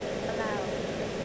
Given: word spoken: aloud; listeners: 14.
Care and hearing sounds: one English word in noise, from a listening test; speech-shaped noise; -7.0 dB; 0 of 14; 9 of 14; 0.85 s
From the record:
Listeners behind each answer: 9, 1, 1, 1, 1, 1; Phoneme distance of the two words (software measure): 7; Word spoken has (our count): 2 syllables, 4 phonemes, stress on syllable 2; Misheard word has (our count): 2 syllables, 3 phonemes, stress on syllable 2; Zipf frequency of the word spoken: 3.58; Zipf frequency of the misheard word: 4.76

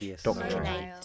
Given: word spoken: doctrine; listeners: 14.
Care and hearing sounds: one English word in noise, from a listening test; four-talker babble; 0.0 dB; 5 of 14; 7 of 14; 0.65 s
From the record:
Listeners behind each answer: 7, 5, 2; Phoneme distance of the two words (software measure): 21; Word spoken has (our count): 2 syllables, 7 phonemes, stress on syllable 1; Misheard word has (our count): 2 syllables, 6 phonemes, stress on syllable 1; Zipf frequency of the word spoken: 3.17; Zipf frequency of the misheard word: 5.02

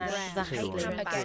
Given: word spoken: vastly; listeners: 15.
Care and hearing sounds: one English word in noise, from a listening test; four-talker babble; -2.9 dB; 0 of 15; 6 of 15; 0.85 s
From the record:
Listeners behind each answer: 6, 2, 2, 1, 1, 1, 1, 1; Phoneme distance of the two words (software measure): 54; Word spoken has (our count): 2 syllables, 6 phonemes, stress on syllable 1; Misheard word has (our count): 2 syllables, 6 phonemes, stress on syllable 1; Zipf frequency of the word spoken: 3.29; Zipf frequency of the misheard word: 3.65

